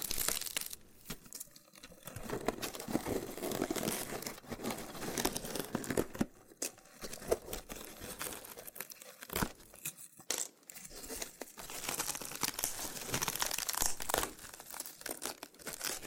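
Loofah being scraped and peeled produces a continuous dense crinkling, bright and scratchy, broken by brief pauses near 2, 6, 9 and 10 seconds.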